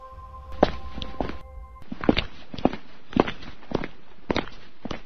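Knocking on a door: a string of about nine dull, fairly loud thuds in an uneven rhythm, with a faint steady hum under the first few knocks and no voices.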